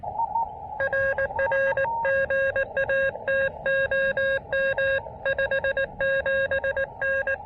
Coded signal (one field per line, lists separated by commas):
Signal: Morse code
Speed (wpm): 18 wpm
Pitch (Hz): 1600 Hz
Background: radio noise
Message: RR GA TOM 57N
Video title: A Low-Profile, Low-Impact POTA Activation at Myrtle Beach State Park!